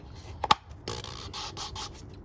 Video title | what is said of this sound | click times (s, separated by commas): Ford 6.0 Powerstroke Oil Change | This piece snaps in here. Once you hear that, you're good. | 0.5 s